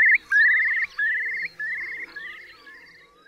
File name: Kulik wielki